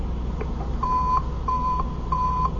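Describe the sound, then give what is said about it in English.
A tracking receiver beeps loudly as its switch is hit to test it, just after a piece is attached and grounded, loud because it is so close: three steady, mid-high electronic tones, each about a third of a second long, repeating at an even pace over a low background hum, with no talking. “Once we get out in traffic, the signal is going to be a lot weaker.”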